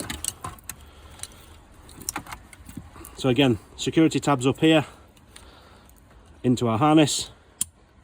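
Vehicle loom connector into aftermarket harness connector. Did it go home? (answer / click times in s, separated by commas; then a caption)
yes / 7.6 s. A vehicle wiring loom connector is pushed into an aftermarket remote-start harness connector on an Audi A5/S5/RS5 (MLBevo) with its security tab up. Small plastic clicks and handling rattles are heard while someone talks. The plug seats with a sharp click at 7.6 s, after which the security tab is pressed down.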